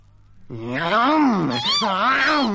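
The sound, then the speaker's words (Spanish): A long, drawn-out cat meow that rises and falls in pitch over about two seconds, loud and wavering, with a brief dip midway before swelling again, heard on its own. “El gato, al besar a la ratita, le pegó un mordisco tan grande que a poco se le come una oreja.”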